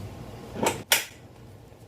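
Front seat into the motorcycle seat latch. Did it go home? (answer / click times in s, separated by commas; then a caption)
yes / 0.9 s. A new padded LAAM custom front seat is shoved down onto the frame of a Yamaha FJR 1300 ES motorcycle until its latch engages. A softer thump at about 0.7 s is followed by a sharp, loud snap at 0.9 s as the seat latches. The seat is seated.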